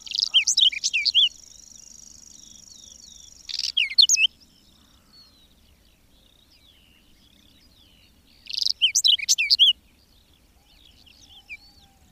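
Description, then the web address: Whinchat song: short scratchy phrases of mixed whistles and rattles, about one second each, separated by pauses, over a steady high insect-like hum early on. "agykontroll Madardalok Cd 3. Rozsdás csuk"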